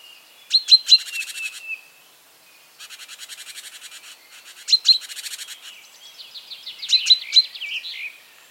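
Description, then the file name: Great tit uttering clipped high notes and rasping churr rattles, one long even buzzy series in the middle, ending with a twittering run. "Parus major"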